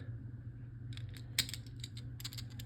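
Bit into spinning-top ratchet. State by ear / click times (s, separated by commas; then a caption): seated / 1.4 s. The plastic bit (driver) of a Beyblade X Dran Sword 3-60 F spinning top is pushed into the ratchet, which is already on the layer, and it pops home with a sharp click at 1.4 s. Lighter ticks and taps follow over a steady low hum. The bit is seated and Dran Sword is completely put together.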